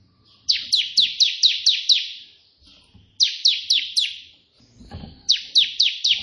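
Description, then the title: Prinia song, runs of four to seven buzzy, slightly descending notes in quick succession, with a brief low clatter near the end. White prenjak song in three 'tembakan' variations, suitable for tutoring pet prenjak. "3 VARIASI TEMBAKAN prenjak putih ini COCOK untuk masteran prenjak anda"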